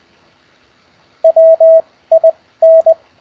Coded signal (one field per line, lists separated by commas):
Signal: Morse code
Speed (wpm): 20 wpm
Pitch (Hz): 650 Hz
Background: radio noise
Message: WIN